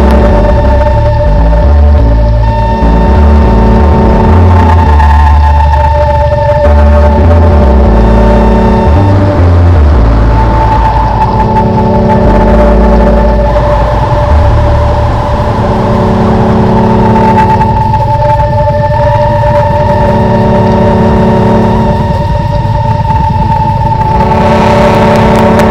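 A continuous mix of environmental sounds with a heavy low rumble and steady tonal hums, swelling in bursts around eight and fifteen seconds.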